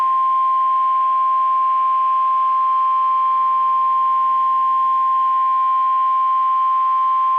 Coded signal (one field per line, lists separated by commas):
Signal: Emergency Alert System (SAME) tones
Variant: 1050 Hz attention tone